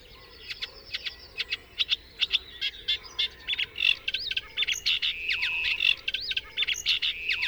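Bird song: scattered sharp chirps building into quicker twittering phrases with arched whistled notes and short trills.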